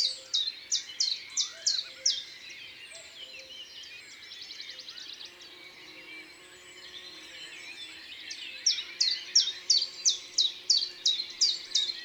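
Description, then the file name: Common chiffchaff song, with an even chain of high notes at the start and again near the end. A quieter stretch of mixed bird chatter fills the middle. Recorded in Isère, France. "Pouillot-veloce-Concerts-naturels-de-l Isere-Studio-Les-Trois-Becs"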